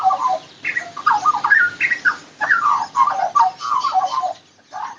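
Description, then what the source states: Australian magpie mimicry, a fast, varied run of warbled, clucking and chirping mid-pitched notes in short phrases separated by brief pauses. Vocal mimicry copying cockatoos, black cockatoos, the start of kookaburra calls, wattlebird clucks, blackbirds, flying dove wings and a butcherbird.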